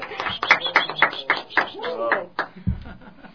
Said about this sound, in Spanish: Aplausos, por favor.